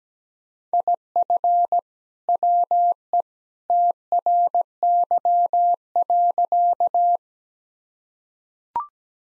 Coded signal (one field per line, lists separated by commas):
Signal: Morse code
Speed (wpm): 17 wpm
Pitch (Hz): 700 Hz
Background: none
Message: IF WE TRY.